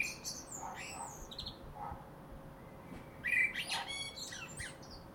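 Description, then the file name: Common blackbird song, soft and jumbled, with fluty notes and high twittering and one clearer warbled phrase late on. "Turdus merula"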